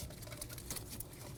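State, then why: Not seated. The wheel speed sensor electrical connector is handled at the plastic socket of a new rear wheel bearing hub assembly on a 2008-2015 Scion xB, ahead of being pushed on until it clicks. Low rustling handling noise is heard with brief sharp ticks near 0.7 and 1.0 seconds. Nothing has seated or clicked yet.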